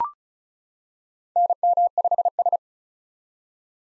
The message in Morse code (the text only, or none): NM5S